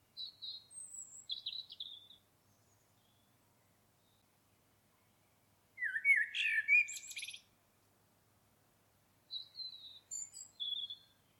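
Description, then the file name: Blackbird song: high, thin twittering notes, then a short warbled phrase with scratchy overtones, and more high squeaks after a pause. "Turdus merula"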